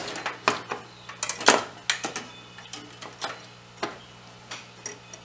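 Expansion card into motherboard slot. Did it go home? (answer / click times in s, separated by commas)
no / none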